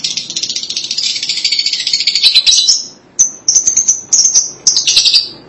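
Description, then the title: Lovebird chatter, a continuous high buzzy twittering that breaks into clusters of sharp repeated chirps after a short pause. "BM Suara Burung Lovebird"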